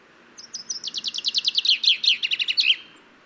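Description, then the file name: Common chaffinch song: a run of bright notes that speeds up and drops in pitch, ending in a sharp downward flourish. "Fringilla coelebs"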